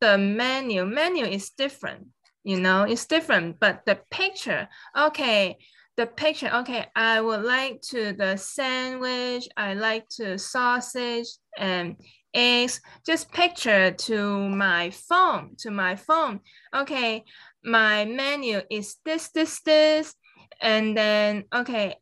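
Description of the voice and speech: An adult stroke survivor with aphasia speaking in fragmented, agrammatic phrases, with frequent pauses, repeated words and fillers such as "okay."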